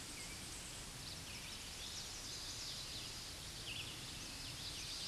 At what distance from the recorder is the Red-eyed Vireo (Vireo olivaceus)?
about 55 m